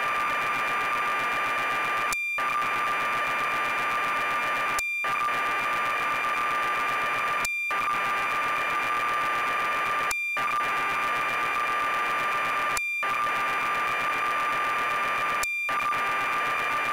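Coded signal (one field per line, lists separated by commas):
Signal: computer data on cassette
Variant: BBC Micro, 1200 baud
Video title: BBC Micro: Elite by Acornsoft (Loading from tape)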